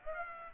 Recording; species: mosquito wingbeat signal from an infrared sensor; Aedes aegypti